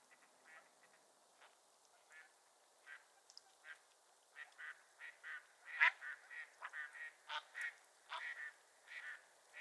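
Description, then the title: Mallard quacking from a large group, many overlapping nasal calls that start faint and sparse and build into a busy, louder chorus. Raft of at least 100 Mallards on the water of Otter Creek, Sleeping Bear Dunes National Lakeshore, very talkative; 26 January 2023, 10:00 AM, heavy snow, wind and dense fog. "A Morning on Otter Creek with a Raft of Ducks"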